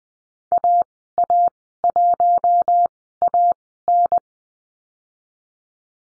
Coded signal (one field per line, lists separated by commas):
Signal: Morse code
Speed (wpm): 20 wpm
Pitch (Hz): 700 Hz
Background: none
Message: AA1AN